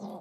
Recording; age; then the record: pig call; piglet (1 to 25 days)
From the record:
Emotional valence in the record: negative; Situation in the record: long isolation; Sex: female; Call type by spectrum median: low-frequency call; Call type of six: low-frequency modulated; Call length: 0.21 s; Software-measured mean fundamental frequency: 53 Hz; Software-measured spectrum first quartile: 216 Hz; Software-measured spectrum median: 402 Hz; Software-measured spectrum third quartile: 740 Hz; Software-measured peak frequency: 204 Hz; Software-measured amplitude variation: 78 dB a second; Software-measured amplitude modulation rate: 16.8 a second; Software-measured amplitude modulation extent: 4.6 dB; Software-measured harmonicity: 3.7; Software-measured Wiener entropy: -0.18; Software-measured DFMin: 1198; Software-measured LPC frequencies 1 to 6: 560, 3526, 4138, 4967, 5979, 8187 Hz